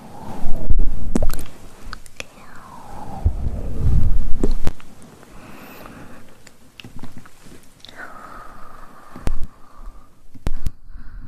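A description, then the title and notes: Wet, tingly mouth sounds with sharp clicks and smacks scattered throughout, swooping tones near two and eight seconds, heaviest in the first five seconds. ASMR Tingly Mouth Sounds & Hand Movements.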